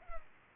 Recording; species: mosquito wingbeat signal from an infrared sensor; Culex pipiens